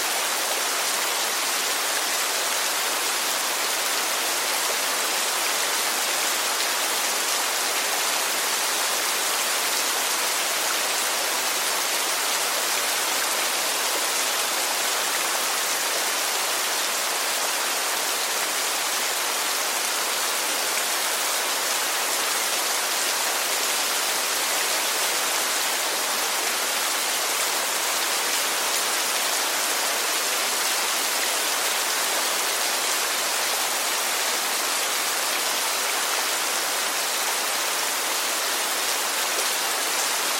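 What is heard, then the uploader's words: Rain falls in a dense, steady hiss for the full forty seconds, with no pauses or swells. The sound is bright and fine-grained, a wash of countless small drops with little low rumble beneath, never changing in level. The gentle pitter-patter of raindrops. The steady, repetitive nature of rain sounds.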